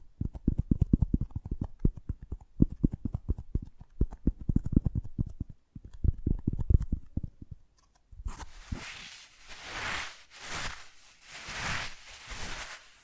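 ASMR triggers that change abruptly. For the first eight seconds there is quick, dull tapping in uneven bursts with a short pause near the middle. Then it switches to bright, hissy swishing strokes that swell and fade about once a second.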